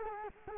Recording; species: mosquito wingbeat signal from an infrared sensor; Culex quinquefasciatus